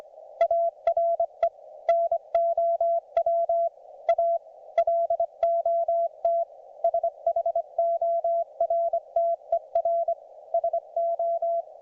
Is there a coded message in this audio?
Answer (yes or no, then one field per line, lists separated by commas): yes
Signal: Morse code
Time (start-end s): 0.4-11.6 s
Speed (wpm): 25 wpm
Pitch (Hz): 690 Hz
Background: none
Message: ARE NOW A LOT SHORTER SO